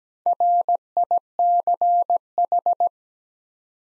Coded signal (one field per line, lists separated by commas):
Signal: Morse code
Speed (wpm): 17 wpm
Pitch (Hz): 700 Hz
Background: none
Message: RICH